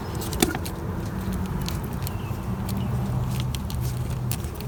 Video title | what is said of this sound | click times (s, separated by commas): Toyota Corolla Bank1 Sensor1 Oxygen Sensor (Air Fuel) Replacement & Ultrasonic Cleaning 2003-13 | Alright, so I had to use my other hand to give it a little extra push and snap into place, so that's what it's going to look like when it's completely | 0.4 s